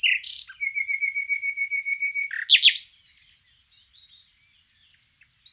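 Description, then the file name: Common nightingale song: a rapid buzzing stream of even pulses for two seconds, ending in a sharp loud flourish, then faint quiet notes. "Luscinia megarhynchos"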